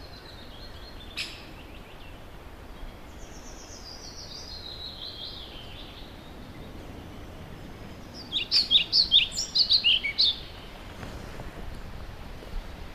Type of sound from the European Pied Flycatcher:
song